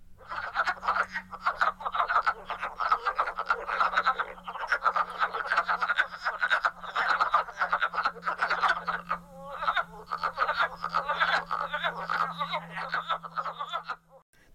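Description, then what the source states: Wood frogs calling in a chorus of short, hoarse, clucking croaks packed densely together for about fourteen seconds, with a steady low hum beneath. Wood frogs generally begin calling soon after spring peepers and chorus frogs.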